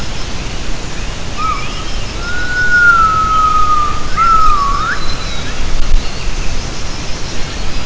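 Gibbon call: a long sustained whistled note that dips slightly, then a second note sweeping sharply upward, over loud rumbling background noise.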